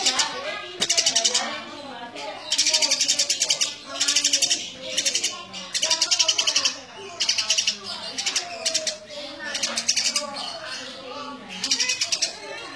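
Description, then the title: Eurasian tree sparrow giving rapid runs of sharp, buzzy chirps in regular bursts, separated by brief pauses. Sparrow in full, vigorous voice giving dense, rapid nyecret chattering. "Burung Gereja Gacor Nyecret Rapat"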